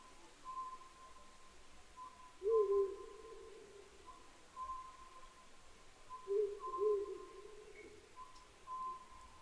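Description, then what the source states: Oriental scops owl calling a steady run of short, level notes, with two louder, lower sounds and low background hum. 22 May 2010, 21:06.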